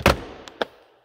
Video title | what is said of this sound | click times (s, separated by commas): 2019 FORD F250 LARIAT CREW SHORT GASSER FX4 INGOT SILVER 4K WALKAROUND 13351Z SOLD! | under here and that closes or that can lock into place | 0.1 s, 0.6 s